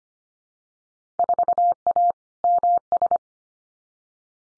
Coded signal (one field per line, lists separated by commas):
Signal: Morse code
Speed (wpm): 25 wpm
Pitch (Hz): 700 Hz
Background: none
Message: 4A MS